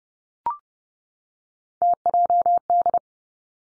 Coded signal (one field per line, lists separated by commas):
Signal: Morse code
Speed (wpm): 30 wpm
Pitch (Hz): 700 Hz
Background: none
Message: TJD